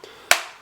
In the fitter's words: the stock is collapsed which you do so by pushing in that little button right there it locks into place on the side locks in in that little groove